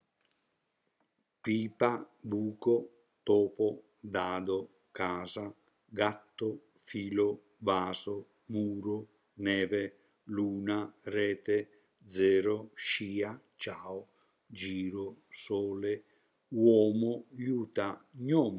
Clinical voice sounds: read list of words; Italian; male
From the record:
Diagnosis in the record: healthy control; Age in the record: 76 years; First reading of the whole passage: 56 s, 9.2 characters per second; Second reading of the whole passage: 53 s, 9.7 characters per second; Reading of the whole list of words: 49 s, 5.7 characters per second

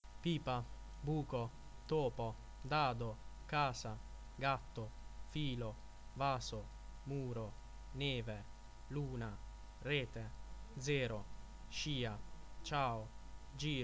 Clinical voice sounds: read list of words; Italian; male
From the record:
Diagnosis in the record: healthy control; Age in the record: 24 years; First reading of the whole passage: 44 s, 11.7 characters per second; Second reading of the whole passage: 43 s, 11.9 characters per second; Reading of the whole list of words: 49 s, 5.7 characters per second

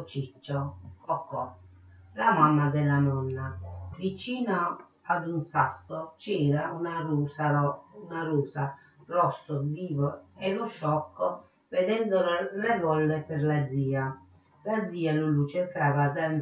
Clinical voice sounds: read passage; Italian; female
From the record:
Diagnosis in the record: Parkinson's disease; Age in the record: 63 years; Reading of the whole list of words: 61 s, 4.6 characters per second

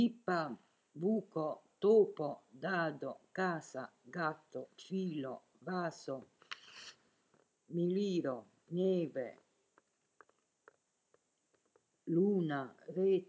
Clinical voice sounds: read list of words; Italian; female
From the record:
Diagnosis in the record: healthy control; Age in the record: 70 years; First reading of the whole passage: 149 s, 3.0 characters per second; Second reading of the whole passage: 105 s, 4.4 characters per second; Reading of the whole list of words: 65 s, 4.0 characters per second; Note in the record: marked for poor recording quality or reading difficulty

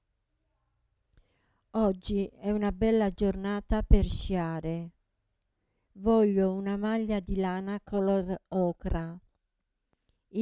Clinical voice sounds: read phrases; Italian; female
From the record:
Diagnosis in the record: Parkinson's disease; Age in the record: 67 years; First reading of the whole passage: 79 s, 6.5 characters per second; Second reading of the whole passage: 74 s, 7.0 characters per second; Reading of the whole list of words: 72 s, 3.9 characters per second

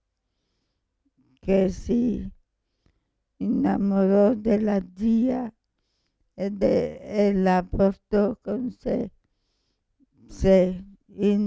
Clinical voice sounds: read passage; Italian; female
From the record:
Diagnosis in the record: Parkinson's disease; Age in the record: 65 years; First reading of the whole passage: 242 s, 2.1 characters per second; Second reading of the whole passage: 180 s, 2.9 characters per second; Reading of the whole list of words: 168 s, 1.7 characters per second

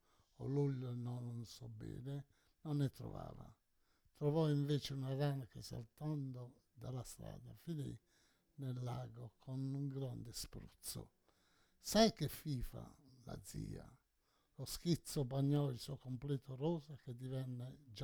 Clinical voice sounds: read passage; Italian; male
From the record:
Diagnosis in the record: Parkinson's disease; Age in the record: 68 years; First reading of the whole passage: 84 s, 6.2 characters per second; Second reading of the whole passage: 63 s, 8.2 characters per second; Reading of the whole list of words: 57 s, 5.0 characters per second

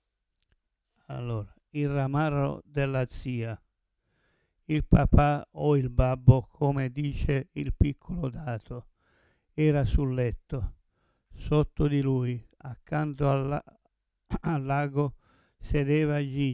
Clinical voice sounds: read passage; Italian; male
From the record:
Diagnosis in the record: Parkinson's disease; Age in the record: 70 years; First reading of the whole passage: 112 s, 4.6 characters per second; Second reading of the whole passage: 107 s, 4.9 characters per second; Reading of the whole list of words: 68 s, 4.1 characters per second

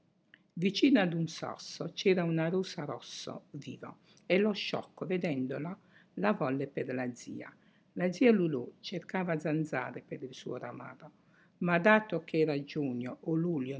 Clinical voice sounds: read passage; Italian; female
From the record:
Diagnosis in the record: healthy control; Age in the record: 68 years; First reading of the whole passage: 56 s, 9.3 characters per second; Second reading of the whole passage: 53 s, 9.8 characters per second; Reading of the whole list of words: 52 s, 5.4 characters per second

